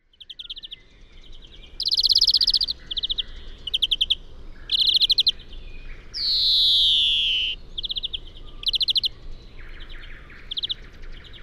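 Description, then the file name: European greenfinch delivering repeated short trilled rattles and twitters, with one drawn-out nasal wheeze sliding down in the middle; a quiet hiss runs underneath. "Chloris chloris"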